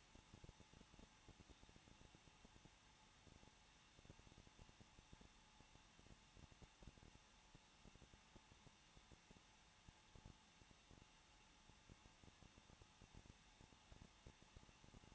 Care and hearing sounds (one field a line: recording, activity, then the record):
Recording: daily activity, microphone in the room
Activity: no activity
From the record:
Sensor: 1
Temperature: 20.1 degrees Celsius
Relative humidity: 39.3%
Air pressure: 1006.4 hPa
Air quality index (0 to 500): 218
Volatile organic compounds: 80 ppm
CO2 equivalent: 3606 ppm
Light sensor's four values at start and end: 1/2/1/1 and 1/2/1/1